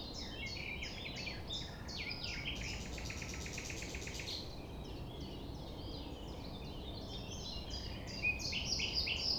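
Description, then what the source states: Common nightingale song with a rapidly pulsed phrase in the middle, surrounded by many short chirps and trills from other birds and a constant low rumble. At sunrise, 6 a.m., near the Thève at Champ de Ménage; the nightingale sings without waiting for silence, amid other sounds.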